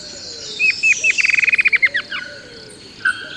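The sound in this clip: Bird producing a few spaced notes that run into a fast rattling trill.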